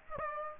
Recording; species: mosquito wingbeat signal from an infrared sensor; Aedes aegypti